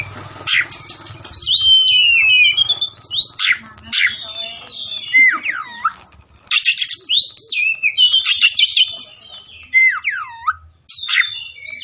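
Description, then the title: Oriental magpie-robin song packed with rapid buzzy bursts, looping downward whistles and scratchy notes, a short pause midway before another energetic run. Kacer fighting song (ngotot, full tembakan), meant to make a kacer fight within minutes. "Kacer Langsung Tarung Konslet KACER NGOTOT FULL TEMBAKAN"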